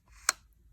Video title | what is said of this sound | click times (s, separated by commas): How to use a Canon Camera | It clicks in place. | 0.3 s